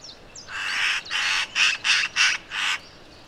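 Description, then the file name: Eurasian magpie chattering: harsh, rasping bursts, a long one followed by five shorter ones in quick, slightly uneven succession. "Pica pica"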